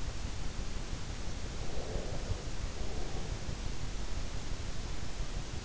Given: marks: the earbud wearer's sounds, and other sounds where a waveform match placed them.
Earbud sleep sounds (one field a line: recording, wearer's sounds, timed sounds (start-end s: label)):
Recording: sounds in sleep by an in-ear microphone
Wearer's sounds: breath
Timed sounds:
1.69-3.35 s: breath